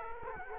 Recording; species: mosquito wingbeat signal from an infrared sensor; Culex quinquefasciatus